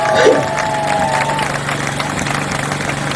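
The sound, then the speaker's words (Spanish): A crowd at a street demonstration applauds with steady, dense clapping and scattered cheers, holding at an even level throughout, with a brief whistle-like tone near the start. “Un dels diallofrautes històrics, un aplaudiment per a”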